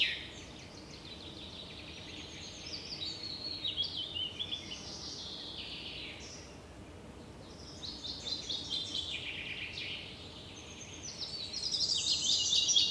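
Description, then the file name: Common chaffinch singing: repeated descending trilled phrases, the last one loudest. "Fringilla coelebs"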